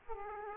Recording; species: mosquito wingbeat signal from an infrared sensor; Aedes aegypti